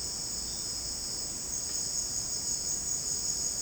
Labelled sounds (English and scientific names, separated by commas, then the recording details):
none
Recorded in dense forest near Puerto Asís, Putumayo, Colombia, on 23 June 2025 at 16:00
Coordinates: 0.499, -76.324
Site G100